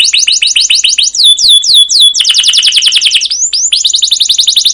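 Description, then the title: Canary song with fast repeated downslurred notes, a few slower sweeping whistles, then a dense rolling trill and more quick chirps. Canary (kenari) masteran of long, rolling 'ngerol' 'gacor' song with 'cuit cuit' chirps, used as a lure to prompt other canaries to sing. "CUIT CUIT NGEROL LANGSUNG GACOR PANJANG Kenari Ini AMPUH Utk Pancingan KENAR. Masteran Suara Burung Kenari Gacor Panjang cuit cuit Ngerol untuk Pancingan Kenari!"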